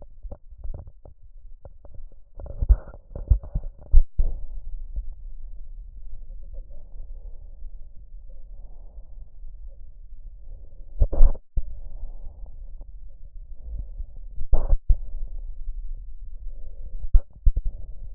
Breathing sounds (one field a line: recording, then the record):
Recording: lung sounds by stethoscope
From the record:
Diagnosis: emphysema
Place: left posterior upper chest